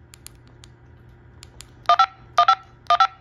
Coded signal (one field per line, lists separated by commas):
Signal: DTMF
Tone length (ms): 90 ms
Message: 151515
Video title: Baofeng Basics - UV-5R ANI DTMF Multi Tone Automatic Number Identification Demo [CHIRP Only Setting]